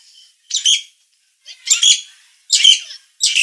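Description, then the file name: Nias hill myna uttering four rough, scratchy squawks spaced about a second apart, with silence between them. Indonesian name Jalak Nias; described as gacor (singing constantly) with a noisy voice. "Kicau Jalak Nias Gacor Suara Berisik"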